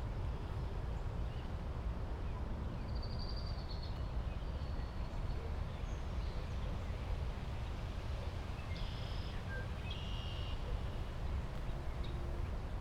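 Wetland walk with a steady low rumble throughout, faint bird chirps near three, nine and ten seconds, and scattered small rustles.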